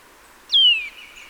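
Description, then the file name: Eurasian nuthatch uttering a single strong whistled note that drops steadily in pitch, then fades into quiet. "Sitta europaea"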